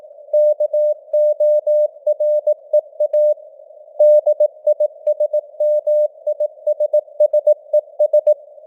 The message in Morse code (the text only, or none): KOREA DISMISSES